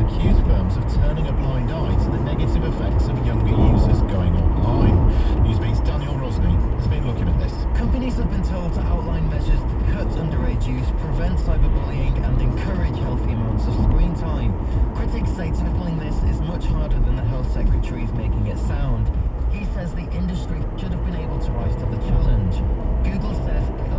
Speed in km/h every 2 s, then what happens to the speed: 109, 108, 103, 98, 95, 95, 93, 82, 76, 77, 82, 87.
0-16 slows to 76. 16-24 speeds up to 87.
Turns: none.